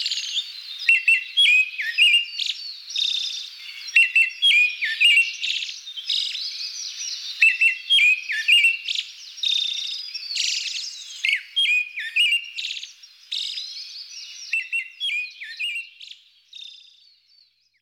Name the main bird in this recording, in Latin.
Turdus pallidus